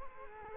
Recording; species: mosquito wingbeat signal from an infrared sensor; Culex quinquefasciatus